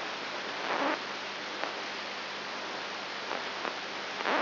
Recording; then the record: brain microelectrode recording played as sound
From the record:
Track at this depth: inside the subthalamic nucleus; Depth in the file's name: 1.306 mm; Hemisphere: left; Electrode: 3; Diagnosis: Parkinson's disease